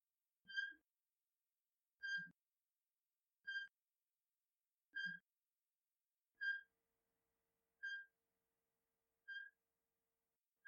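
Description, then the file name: Pied warty frog calling with short, clear whistled notes, seven of them repeated evenly about every one and a half seconds in otherwise quiet surroundings. "Theloderma asperum"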